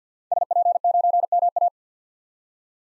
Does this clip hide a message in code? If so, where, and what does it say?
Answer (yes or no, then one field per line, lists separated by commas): yes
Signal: Morse code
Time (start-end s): 0.3-1.7 s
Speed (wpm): 50 wpm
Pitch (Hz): 700 Hz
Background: none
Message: SP9MA